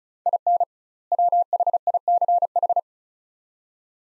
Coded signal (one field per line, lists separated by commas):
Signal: Morse code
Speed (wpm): 34 wpm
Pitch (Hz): 700 Hz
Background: none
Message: IN WHICH